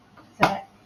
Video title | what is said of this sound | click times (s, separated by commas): Turkey Holder Assembly | everything snaps into place may take a little bit of wiggling it is a good tight fit | 0.4 s